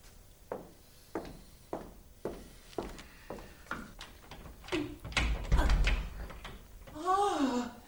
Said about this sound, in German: Diese Tür macht's nicht mehr lang.